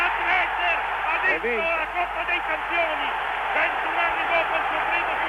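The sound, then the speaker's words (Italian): A large crowd of Milan basketball fans roars and cheers at the final buzzer as Milano wins the European championship, in a dense, steady wash of noise, with individual shouts and whoops rising above it throughout. “Alla sirena finale esplode la gioia dei tifosi milanesi.”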